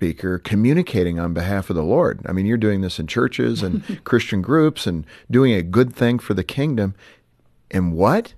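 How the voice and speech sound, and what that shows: A man speaks fluently in a low, steady voice, asking a question; ordinary clear speech with a brief laugh.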